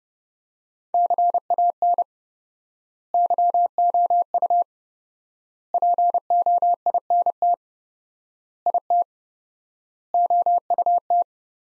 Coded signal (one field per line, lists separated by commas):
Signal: Morse code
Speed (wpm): 32 wpm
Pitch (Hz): 700 Hz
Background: none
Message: CAN YOU POINT IT OUT